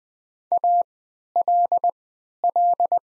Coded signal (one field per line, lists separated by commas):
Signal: Morse code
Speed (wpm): 20 wpm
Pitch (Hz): 700 Hz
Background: none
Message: ALL